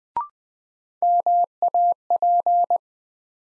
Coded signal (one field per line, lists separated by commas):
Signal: Morse code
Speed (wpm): 20 wpm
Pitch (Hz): 700 Hz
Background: none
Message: MAP